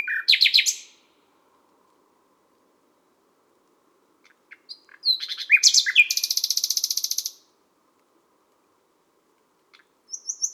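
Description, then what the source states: Common nightingale song: a short burst of fast notes, then a long phrase ending in a rapid buzzy rattle, with silence between phrases. Recorded at midnight at Les Salelles, Ardèche.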